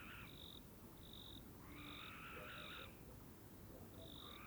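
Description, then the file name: Barn owl giving a harsh rasping screech, partly masked by steady background hiss, with short high thin notes before and after. Common barn owl pair recorded during a courtship flight. "Common Barn Owl Courtship flight of pair"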